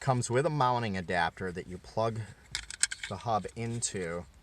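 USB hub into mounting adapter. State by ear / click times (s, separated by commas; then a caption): not seated / none. Someone talks while handling the plastic USB hub from the kit and its plastic mounting adapter, which the hub plugs into to fill the larger opening during a 4" to 8" SYNC 2 upgrade on a 2013–2016 Ford Fusion. Brief light rattling handling sounds are heard around 2.5–3.0 seconds. Nothing has seated or clicked yet.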